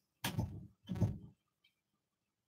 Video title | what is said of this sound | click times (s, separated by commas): Prospecting | your body against it till it clicks yes there | 0.2 s